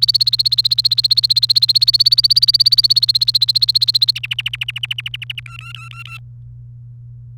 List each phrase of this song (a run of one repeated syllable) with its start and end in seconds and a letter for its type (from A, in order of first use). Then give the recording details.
0.00-4.11 A, 4.16-5.40 B, 5.46-6.17 C. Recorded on 28 April 2018 at 15:05. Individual llb3